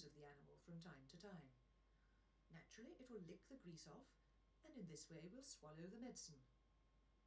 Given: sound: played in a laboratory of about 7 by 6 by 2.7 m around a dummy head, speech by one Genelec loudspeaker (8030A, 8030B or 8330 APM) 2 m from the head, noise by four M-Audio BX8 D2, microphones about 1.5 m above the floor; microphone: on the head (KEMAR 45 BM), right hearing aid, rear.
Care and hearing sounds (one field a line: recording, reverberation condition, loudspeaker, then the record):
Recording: female speech in English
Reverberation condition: low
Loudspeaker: 150 degrees to the left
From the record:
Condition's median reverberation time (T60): about 310 ms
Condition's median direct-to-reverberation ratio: about 3.5 dB